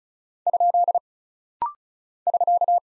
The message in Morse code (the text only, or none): ? <SK>